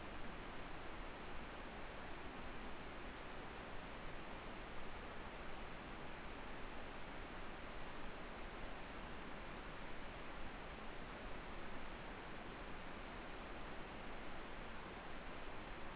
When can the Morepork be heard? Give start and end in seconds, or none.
none